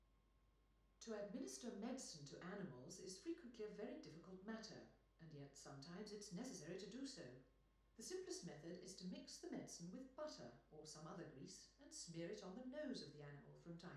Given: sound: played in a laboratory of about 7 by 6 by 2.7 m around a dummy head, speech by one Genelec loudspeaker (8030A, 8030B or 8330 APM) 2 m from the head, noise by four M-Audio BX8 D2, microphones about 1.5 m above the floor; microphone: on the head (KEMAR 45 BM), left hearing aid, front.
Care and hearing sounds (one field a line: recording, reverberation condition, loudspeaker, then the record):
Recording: female speech in English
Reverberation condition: medium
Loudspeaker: behind (180 degrees)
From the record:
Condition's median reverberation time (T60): about 510 ms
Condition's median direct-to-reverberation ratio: about -0.5 dB